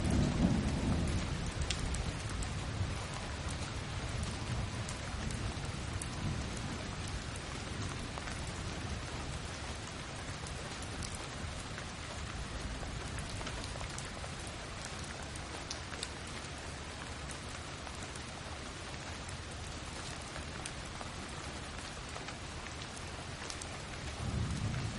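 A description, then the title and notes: Steady rain falls throughout, a dense, even hiss with fine drops pattering. A deep rumble swells at the start and again near the end, like thunder, while the shower itself stays constant and unbroken. Tranquil Rainfall.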